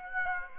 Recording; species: mosquito wingbeat signal from an infrared sensor; Aedes aegypti